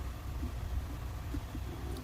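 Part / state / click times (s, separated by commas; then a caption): plastic lid clip on a BiPAP humidifier water chamber / not seated / none. The plastic lid of the humidifier water chamber, slid out of a BMC G2SB30VT BiPAP machine, is handled at its holding clip before it locks. Only a steady low rumble and faint soft handling bumps are heard over about two seconds. The lid has not clicked or locked yet.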